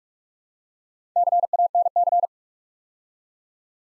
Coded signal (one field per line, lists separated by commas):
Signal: Morse code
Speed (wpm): 44 wpm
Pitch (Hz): 700 Hz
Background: none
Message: CANC